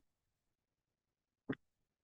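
A finished fabric-covered button is popped out of a plastic button-making mold, giving one short, sharp pop at 1.5 s. The button comes free of the mold, and the rest of the clip is near silence.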